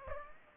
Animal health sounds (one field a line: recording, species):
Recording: mosquito wingbeat signal from an infrared sensor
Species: Aedes aegypti